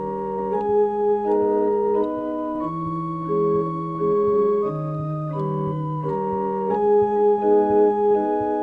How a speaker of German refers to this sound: Dieser Schuss, meine Damen und Herren, und die Melodie auf der Drehorgel, die Sie soeben hörten, waren der Schlüssel zu einem seltsamen Kriminalfall